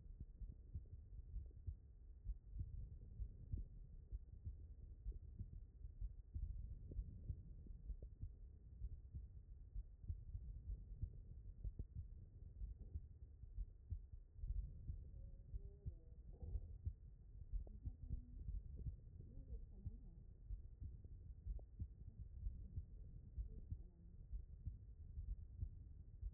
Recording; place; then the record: heart sounds by stethoscope; aortic valve (AV)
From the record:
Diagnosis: non-HFrEF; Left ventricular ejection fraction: 45%